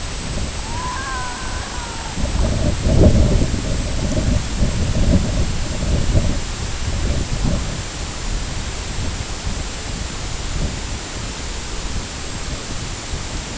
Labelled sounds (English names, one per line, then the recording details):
Red-throated Loon
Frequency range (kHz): Red-throated Loon 0.6-2.1 kHz
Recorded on Arctic tundra, site IGLO-B, on 23 June 2018
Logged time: 13:59